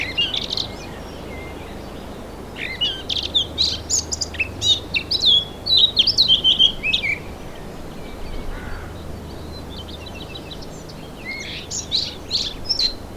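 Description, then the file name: Eurasian blackcap delivering a long, hurried warble of varied high whistles and twitters midway, then quieter, then another short burst near the end. "Sylvia atricapilla"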